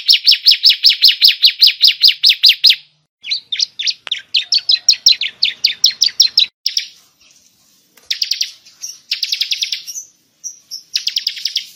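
Prinia song: a long, rapid run of evenly spaced high chirps, then looser chirping phrases and short buzzy bursts.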